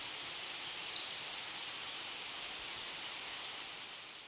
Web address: Natures Songs S America Birds of Ecuador Tropical Parula